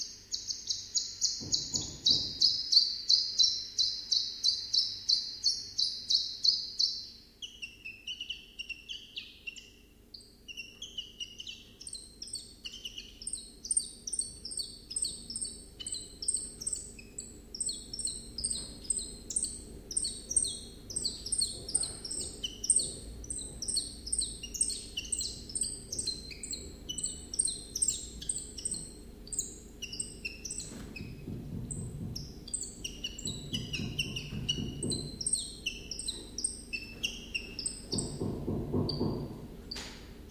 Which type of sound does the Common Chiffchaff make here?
song